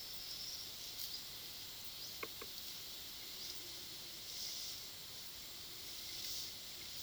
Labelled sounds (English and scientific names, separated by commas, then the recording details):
none
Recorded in pastures near Puerto Asís, Putumayo, Colombia, on 21 February 2024 at 09:00
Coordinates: 0.497, -76.327
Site G7276